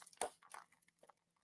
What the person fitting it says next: That nice satisfying click.